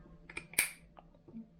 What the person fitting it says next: oh that snapped into place really well oh that feels lovely